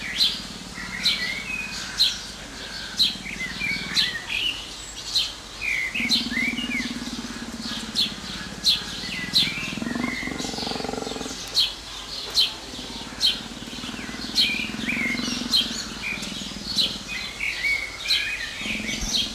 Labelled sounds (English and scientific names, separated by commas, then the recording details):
Jaguar (Panthera onca) call
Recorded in captivity
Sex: pair
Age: adult
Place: Zoo Berlin, Berlin, DE
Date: 2004-06-07 15:12
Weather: partly sunny, 25°C
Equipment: Sony WM-D6C, Sennheiser ME 80, Kopie Uher 4000 Report Monitor
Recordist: Tembrock, Günter
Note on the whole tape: Paar: Kontakt - Kopula und Laute dabei. Zuerst Laute vom Weibchen